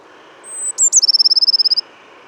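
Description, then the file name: Eurasian blue tit with a thin high note, two sharp chips and a rapid trill of evenly spaced bright notes, over quiet background hiss. "Cyanistes caeruleus"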